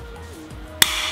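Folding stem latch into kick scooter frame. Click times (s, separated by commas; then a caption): 0.8 s. The folded stem of a Decathlon MID 5 children's kick scooter is pulled upward until its folding latch catches in the frame. Faint tonal background sound runs quietly until a single sharp, bright click at 0.8 s. The catch snaps into place and the stem is locked.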